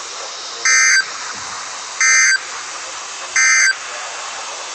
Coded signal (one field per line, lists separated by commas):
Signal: Emergency Alert System (SAME) tones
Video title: Severe Thunderstorms (EAS 139-145) 5/6/23-5/7/23